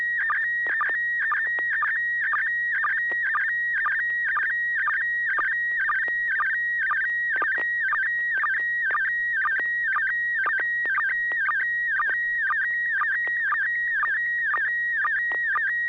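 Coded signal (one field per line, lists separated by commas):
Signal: SSTV (slow-scan television)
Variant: PD120 mode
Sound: warbling whistle tone with rapid regular chirping blips, steady rhythmic scanning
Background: low hum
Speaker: Sure, I will send a photo PD 120.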